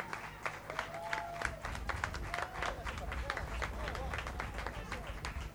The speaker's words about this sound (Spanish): Un aplauso para ellos.